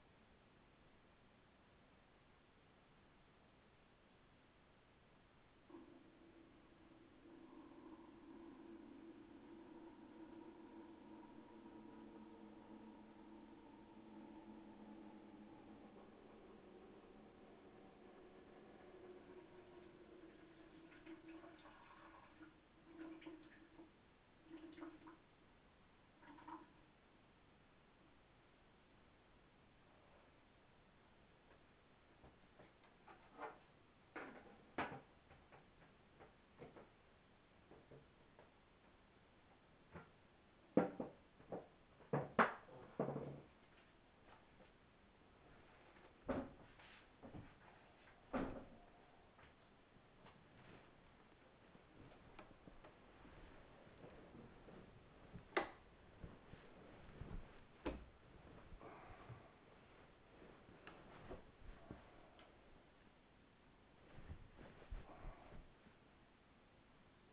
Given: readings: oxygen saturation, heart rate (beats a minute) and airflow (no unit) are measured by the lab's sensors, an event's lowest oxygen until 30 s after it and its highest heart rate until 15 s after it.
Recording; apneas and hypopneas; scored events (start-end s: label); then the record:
a person awake in a sleep study, by a voice recorder at the bedside; none
0.00-67.33 s: awake
From the record:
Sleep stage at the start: awake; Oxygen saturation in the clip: 95 to 96%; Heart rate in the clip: 33 to 74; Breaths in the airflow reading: 21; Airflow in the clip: -10.0 to 10.8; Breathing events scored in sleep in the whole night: 207 in 7.6 hours asleep